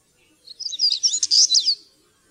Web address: fuglelyder- svartstrupe